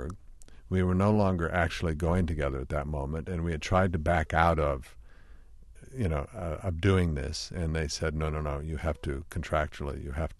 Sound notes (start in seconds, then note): none